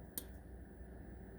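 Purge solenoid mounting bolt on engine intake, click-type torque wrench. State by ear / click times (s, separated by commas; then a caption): torque reached / 0.2 s. A click-type torque wrench rechecks the upper mounting bolt of a newly replaced EVAP purge valve solenoid on the intake of a J35 engine in a 2004 Saturn Vue, replaced over code P0446. A single sharp click sounds at 0.2 s over a steady low background hum. The bolt is confirmed at its torque setting without having to be forced.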